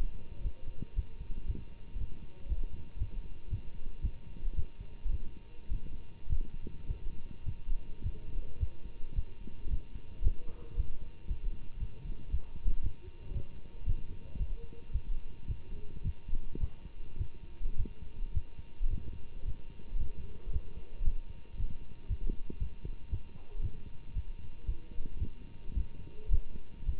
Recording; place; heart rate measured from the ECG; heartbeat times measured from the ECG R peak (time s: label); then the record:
heart sounds by stethoscope; between the tricuspid and mitral areas; 111 bpm
0.42 s: heartbeat
0.95 s: heartbeat
1.47 s: heartbeat
1.97 s: heartbeat
2.48 s: heartbeat
2.98 s: heartbeat
3.49 s: heartbeat
4.01 s: heartbeat
4.55 s: heartbeat
5.11 s: heartbeat
5.68 s: heartbeat
6.28 s: heartbeat
6.86 s: heartbeat
7.45 s: heartbeat
8.02 s: heartbeat
8.59 s: heartbeat
9.15 s: heartbeat
9.69 s: heartbeat
10.23 s: heartbeat
10.76 s: heartbeat
11.28 s: heartbeat
11.79 s: heartbeat
12.30 s: heartbeat
12.82 s: heartbeat
13.33 s: heartbeat
13.85 s: heartbeat
14.38 s: heartbeat
14.92 s: heartbeat
15.47 s: heartbeat
16.03 s: heartbeat
16.59 s: heartbeat
17.17 s: heartbeat
17.76 s: heartbeat
18.33 s: heartbeat
18.89 s: heartbeat
19.44 s: heartbeat
19.98 s: heartbeat
20.52 s: heartbeat
21.04 s: heartbeat
21.56 s: heartbeat
22.07 s: heartbeat
22.59 s: heartbeat
23.10 s: heartbeat
23.61 s: heartbeat
24.13 s: heartbeat
24.66 s: heartbeat
25.19 s: heartbeat
25.74 s: heartbeat
26.30 s: heartbeat
26.85 s: heartbeat
From the record:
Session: Bruce protocol treadmill stress test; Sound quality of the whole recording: good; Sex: male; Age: 24 years